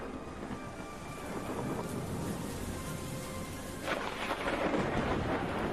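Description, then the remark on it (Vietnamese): A thunderstorm at 1 a.m. rumbles with deep, rolling thunder over a steady wash of heavy rain, growing heavier and brighter in the last two seconds as the downpour intensifies; no one speaks. “Cả hai vợ chồng tôi kéo một cái túi màu đen lê đi giữa cơn giông tố.”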